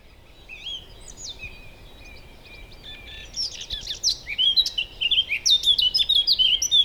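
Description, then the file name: Eurasian blackcap song starting with soft, subdued warbling and swelling into a loud, fast flourish of fluty whistles and chattering notes over the last three seconds. "Sylvia atricapilla"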